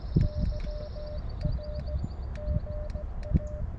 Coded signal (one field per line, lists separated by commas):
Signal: Morse code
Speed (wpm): 17 wpm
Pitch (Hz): 600 Hz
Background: none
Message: YR GA